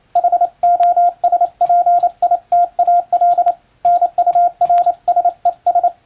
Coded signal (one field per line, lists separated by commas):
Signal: Morse code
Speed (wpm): 28 wpm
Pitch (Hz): 700 Hz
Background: radio noise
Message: HOSPITAL NURSES